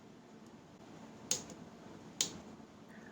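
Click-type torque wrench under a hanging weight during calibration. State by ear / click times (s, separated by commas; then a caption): torque reached / 1.3 s, 2.2 s. A click-type torque wrench, loaded by a jack hung at the 16-inch mark, is tested again after its spring is tightened. Against a low steady background hiss, it gives sharp clicks at 1.3 s and 2.2 s, with a faint tick at 1.5 s. The wrench now breaks and clicks at its setting.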